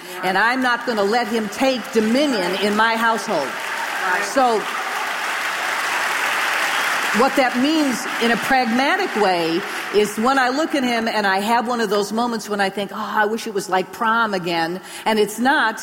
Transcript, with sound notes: And I’m not going to let him take dominion in my household. (Applause) So what that means in a pragmatic way is, when I look at him, and I have one of those moments when I think, “Oh, I wish it was like prom again,” and it’s not;